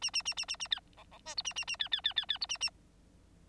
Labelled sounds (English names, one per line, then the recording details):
Bengalese Finch song
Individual Bird9